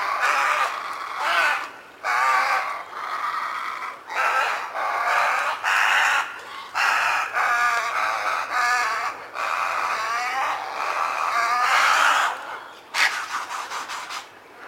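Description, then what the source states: Little egrets giving harsh, gargling croaks, several birds overlapping in long bursts separated by brief pauses. At a roost.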